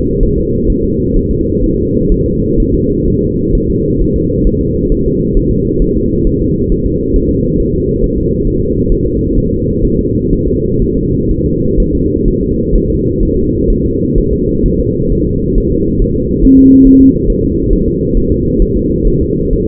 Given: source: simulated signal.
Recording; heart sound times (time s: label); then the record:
fetal heart sounds
0.23 s: S1
0.38 s: S2
0.70 s: S1
0.84 s: S2
1.16 s: S1
1.31 s: S2
1.64 s: S1
1.78 s: S2
2.12 s: S1
2.26 s: S2
2.60 s: S1
2.74 s: S2
3.08 s: S1
3.22 s: S2
3.55 s: S1
3.70 s: S2
4.01 s: S1
4.16 s: S2
4.47 s: S1
4.61 s: S2
4.92 s: S1
5.06 s: S2
5.37 s: S1
5.51 s: S2
5.82 s: S1
5.96 s: S2
6.27 s: S1
6.41 s: S2
6.72 s: S1
6.86 s: S2
7.16 s: S1
7.31 s: S2
7.60 s: S1
7.75 s: S2
8.04 s: S1
8.18 s: S2
8.47 s: S1
8.62 s: S2
8.92 s: S1
9.06 s: S2
9.37 s: S1
9.52 s: S2
9.85 s: S1
9.99 s: S2
10.33 s: S1
10.47 s: S2
10.82 s: S1
10.97 s: S2
11.31 s: S1
11.46 s: S2
11.80 s: S1
11.95 s: S2
12.28 s: S1
12.43 s: S2
12.75 s: S1
12.90 s: S2
13.23 s: S1
13.37 s: S2
13.70 s: S1
13.85 s: S2
14.18 s: S1
14.33 s: S2
14.66 s: S1
14.80 s: S2
15.12 s: S1
15.27 s: S2
15.58 s: S1
15.72 s: S2
16.02 s: S1
16.16 s: S2
16.45 s: S1
16.59 s: S2
16.87 s: S1
17.02 s: S2
17.30 s: S1
17.44 s: S2
17.73 s: S1
17.88 s: S2
18.17 s: S1
18.32 s: S2
18.62 s: S1
18.77 s: S2
19.08 s: S1
19.22 s: S2
19.53 s: S1
19.68 s: S2
From the record:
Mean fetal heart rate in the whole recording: 130 bpm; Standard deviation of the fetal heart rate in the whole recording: 4 bpm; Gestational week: 38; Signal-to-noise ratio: -10.2 dB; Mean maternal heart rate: 72 bpm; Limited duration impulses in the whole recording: present